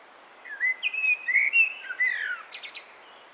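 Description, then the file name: Common blackbird giving a mellow phrase of slurred, downward-sliding whistles, followed by a quick, high, buzzy flourish. "Turdus merula"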